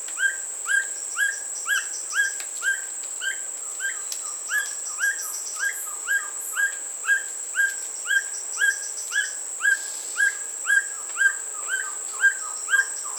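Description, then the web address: Black bushbird giving a long run of brief, clipped call notes roughly twice per second, fairly evenly spaced, with a steady high whine throughout. "Black Bushbird. پرنده-بیشه-مرغ-سیاه"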